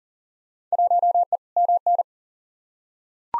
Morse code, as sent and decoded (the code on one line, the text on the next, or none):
.---- . / -- -.
1E MN